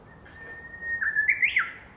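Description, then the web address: Japanese bush warbler song: a long steady whistled note, then a quick bright rising flourish ending the phrase. "torimoti uguisu"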